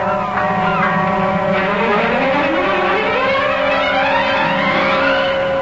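A boat engine drones steadily with a low, humming tone whose pitch slowly rises and bends, over a continuous rushing wash like water churning beneath the hull.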